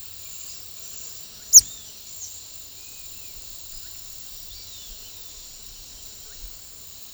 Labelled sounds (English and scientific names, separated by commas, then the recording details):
unidentified bird, Great Kiskadee (Pitangus sulphuratus), Yellow-crowned Tyrannulet (Tyrannulus elatus), Roadside Hawk (Rupornis magnirostris), Russet-backed Oropendola (Psarocolius angustifrons)
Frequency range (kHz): unidentified bird 3.2-14.6 kHz; Great Kiskadee (Pitangus sulphuratus) 2.0-3.8 kHz; Yellow-crowned Tyrannulet (Tyrannulus elatus) 1.9-3.3 kHz; Roadside Hawk (Rupornis magnirostris) 2.8-4.9 kHz; Russet-backed Oropendola (Psarocolius angustifrons) 1.1-2.3 kHz
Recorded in secondary vegetation near Puerto Asís, Putumayo, Colombia, on 21 February 2024 at 09:30
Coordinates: 0.500, -76.326
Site G6428